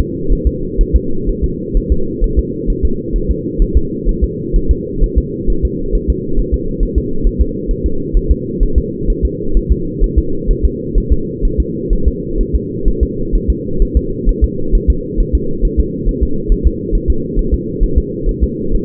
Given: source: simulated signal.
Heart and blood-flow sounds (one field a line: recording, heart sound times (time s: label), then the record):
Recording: fetal heart sounds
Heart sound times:
0.33 s: S1
0.47 s: S2
0.81 s: S1
0.96 s: S2
1.29 s: S1
1.44 s: S2
1.77 s: S1
1.92 s: S2
2.24 s: S1
2.39 s: S2
2.70 s: S1
2.85 s: S2
3.16 s: S1
3.31 s: S2
3.62 s: S1
3.77 s: S2
4.09 s: S1
4.24 s: S2
4.56 s: S1
4.71 s: S2
5.04 s: S1
5.18 s: S2
5.50 s: S1
5.65 s: S2
5.95 s: S1
6.10 s: S2
6.39 s: S1
6.54 s: S2
6.83 s: S1
6.98 s: S2
7.27 s: S1
7.41 s: S2
7.71 s: S1
7.86 s: S2
8.17 s: S1
8.31 s: S2
8.63 s: S1
8.78 s: S2
9.10 s: S1
9.25 s: S2
9.57 s: S1
9.72 s: S2
10.04 s: S1
10.19 s: S2
10.51 s: S1
10.65 s: S2
10.98 s: S1
11.12 s: S2
11.45 s: S1
11.60 s: S2
11.93 s: S1
12.08 s: S2
12.41 s: S1
12.55 s: S2
12.88 s: S1
13.03 s: S2
13.35 s: S1
13.50 s: S2
13.82 s: S1
13.97 s: S2
14.29 s: S1
14.44 s: S2
14.75 s: S1
14.90 s: S2
15.20 s: S1
15.35 s: S2
15.65 s: S1
15.80 s: S2
16.09 s: S1
16.23 s: S2
16.52 s: S1
16.67 s: S2
16.95 s: S1
17.10 s: S2
17.39 s: S1
17.54 s: S2
17.84 s: S1
17.98 s: S2
18.29 s: S1
18.44 s: S2
18.75 s: S1
From the record:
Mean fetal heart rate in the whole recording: 130 bpm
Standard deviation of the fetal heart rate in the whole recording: 4 bpm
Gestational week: 38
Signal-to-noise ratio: -8.1 dB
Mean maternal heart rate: 72 bpm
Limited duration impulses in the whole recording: absent